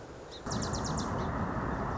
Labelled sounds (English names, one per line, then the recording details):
Song Sparrow
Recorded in Sonoma County, California